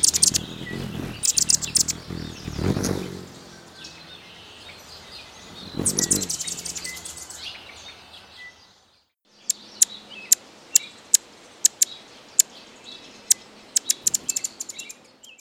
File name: Annas Hummingbird